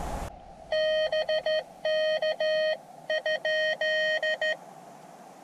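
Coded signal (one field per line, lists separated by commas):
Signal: Morse code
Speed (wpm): 13 wpm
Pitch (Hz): 620 Hz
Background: none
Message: BK?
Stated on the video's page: QRP CW Parks on the Air activation from a hilltop in a national forest, using portable gear.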